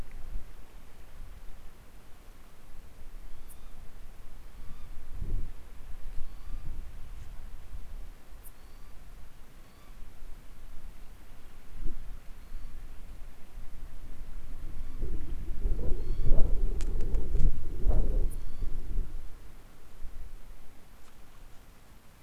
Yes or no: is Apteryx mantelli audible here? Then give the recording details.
no. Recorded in New Zealand on 16 October 2015. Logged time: 20:14. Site BM6